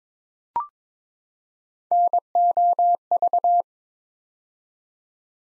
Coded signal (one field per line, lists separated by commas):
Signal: Morse code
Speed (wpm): 23 wpm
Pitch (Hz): 700 Hz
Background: none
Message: NOV